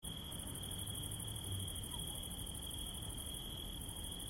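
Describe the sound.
Cricket calling: an unbroken high shrill tone with a faster pulsing buzz above it, over a low rumbling background.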